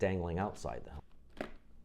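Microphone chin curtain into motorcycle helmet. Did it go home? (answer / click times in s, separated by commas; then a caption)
yes / 1.4 s. A chin curtain carrying a motovlog microphone is snapped into a motorcycle helmet so the mic sits inside rather than dangling outside. Someone talks, then a small, sharp snap is heard at 1.4 s as the curtain seats in place.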